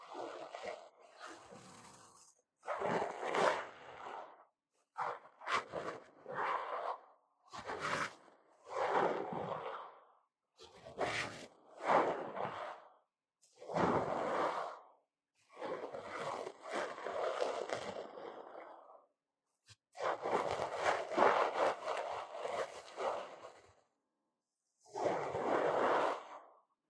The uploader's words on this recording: 台灣ASMR | 掏穿你的耳朵 | 耳掃除 | Ear Cleaning | NO Talking.